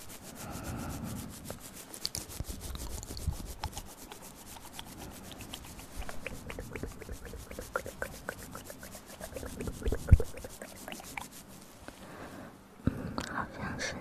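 Ear massage sounds: steady soft rubbing with a dense run of fine crackly clicks, a sharp tap near ten seconds, brief hush near thirteen.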